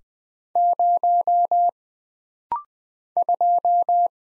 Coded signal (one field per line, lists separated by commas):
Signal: Morse code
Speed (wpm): 20 wpm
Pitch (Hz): 700 Hz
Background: none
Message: 0 2